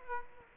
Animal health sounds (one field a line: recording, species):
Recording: mosquito wingbeat signal from an infrared sensor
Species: Culex quinquefasciatus